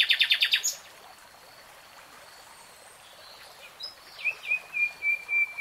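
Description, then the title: Nightingale song: a fast burst of repeated notes, a pause, then a falling note leading into a series of rhythmic pulsed whistled notes. Nightingale singing in real time. "[Tiếng chim hót] Nightingale Singing"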